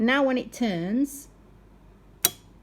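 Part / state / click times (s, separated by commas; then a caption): drive-engagement pin in the handwheel of a vintage transverse-shuttle sewing machine / seated / 2.2 s. Someone talks while turning the handwheel of a vintage Hengstenberg transverse-shuttle sewing machine whose drive had been released. At 2.3 s the small metal drive-engagement pin inside the handwheel re-engages the drive with a single sharp, bright click, confirming the pin has seated back into engagement.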